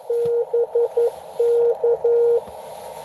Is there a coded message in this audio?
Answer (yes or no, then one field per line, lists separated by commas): yes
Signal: Morse code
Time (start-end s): 0.1-2.4 s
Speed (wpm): 11 wpm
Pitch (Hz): 470 Hz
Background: radio noise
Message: BK